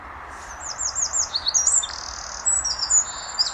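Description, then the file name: Eurasian wren song: a rapid, very high-pitched burst of trills and sharp twittering notes, over a steady rushing background noise. "Troglodytes troglodytes"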